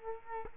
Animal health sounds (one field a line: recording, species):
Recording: mosquito wingbeat signal from an infrared sensor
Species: Culex quinquefasciatus